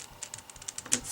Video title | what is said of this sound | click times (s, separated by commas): 3x3 Rubik's Cube (Speed Cube) Disassembly and Assembly Tutorial | stick it in and it should just snap right in and it'll be completely assembled | 0.9 s